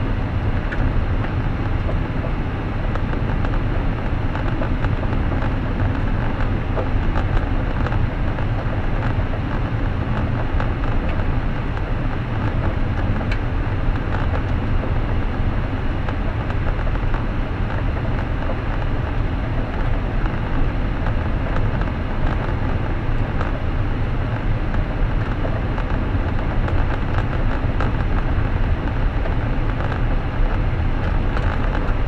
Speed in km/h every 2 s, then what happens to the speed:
65, 64, 64, 63, 62, 61, 61, 60, 58, 57, 57, 57, 60, 60, 58, 57.
0-32 steady at about 60.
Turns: none.